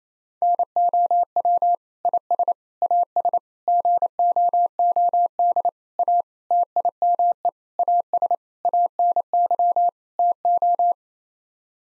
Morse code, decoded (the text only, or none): NOW IS AS GOOD A TIME AS ANY TO